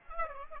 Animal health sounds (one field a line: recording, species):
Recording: mosquito wingbeat signal from an infrared sensor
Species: Aedes aegypti